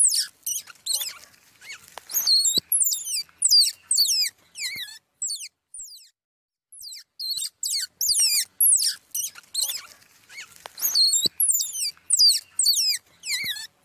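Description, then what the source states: Squirrel pup calling with shrill descending squeaks, repeated in rapid runs and broken by a short quiet spell midway. Young squirrel calling for its mother.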